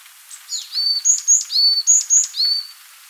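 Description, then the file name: Varied tit calls: a quick run of thin, high notes, some sliding down, lasting about two seconds, over faint background hiss. "Parus varius"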